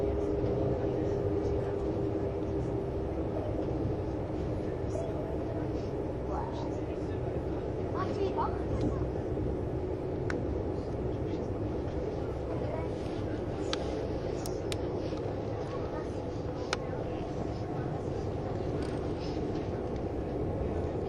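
A Swiss ICN tilting train runs on the Gotthard line, its rolling roar a steady, dense low rumble that barely changes over the stretch. A faint voice surfaces early on, and brief clicks and squeaks tick through the middle and later parts.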